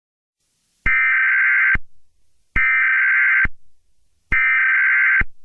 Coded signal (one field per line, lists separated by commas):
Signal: Emergency Alert System (SAME) tones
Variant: header bursts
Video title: EAS Scenario #5: Frostbite